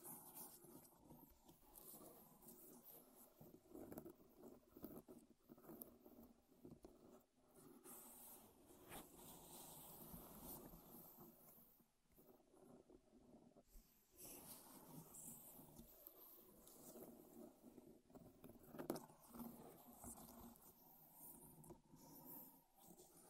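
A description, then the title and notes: Wooden objects are scratched, rubbed and tapped in a dense, crackly stream of dry, rustling sounds. The texture stays busy throughout, with brief quieter gaps around 7, 12 and 14 seconds and a sharper knock near 19 seconds. ASMR Wood Triggers in Your Ears (No Talking).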